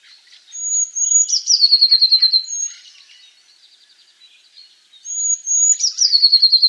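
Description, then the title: Eurasian blue tit singing two phrases, each a high thin note dropping into a rapid, even trill; the second phrase is cut off at the end. "Gelatikbt. Eurasian Blue Tit (Cyanistes caeruleus)"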